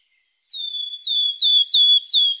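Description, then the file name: Wood warbler song of five high, down-slurred piping notes in quick succession. "Gronsangare"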